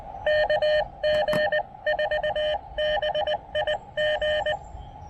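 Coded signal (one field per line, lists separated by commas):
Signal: Morse code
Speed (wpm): 19 wpm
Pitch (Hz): 590 Hz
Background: radio noise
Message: KG4BIG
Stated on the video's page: Park activation with an Elecraft KX2 into a 9:1 random wire antenna, partly on 20 meters.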